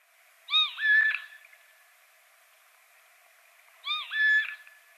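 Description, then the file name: Eurasian jay uttering two plaintive, bending mew calls, each a short note running into a longer one, a few seconds apart over light background hiss. "Garrulus glandarius"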